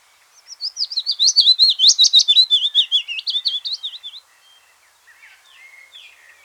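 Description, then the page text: Willow warbler singing a liquid descending cascade of whistled notes lasting about four seconds, followed by faint, thin chirps. "Willow Warbler Song. Quick Sounds"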